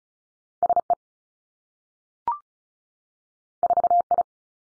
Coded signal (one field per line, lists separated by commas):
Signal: Morse code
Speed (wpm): 36 wpm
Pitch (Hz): 700 Hz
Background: none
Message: S E 4 I